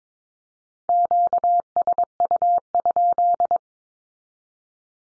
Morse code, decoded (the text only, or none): QSU?